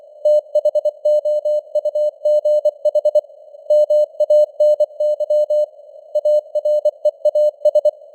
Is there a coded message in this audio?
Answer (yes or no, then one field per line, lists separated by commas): yes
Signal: Morse code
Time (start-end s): 0.3-7.9 s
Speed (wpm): 24 wpm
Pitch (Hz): 600 Hz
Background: none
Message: THOUGH MANY AREAS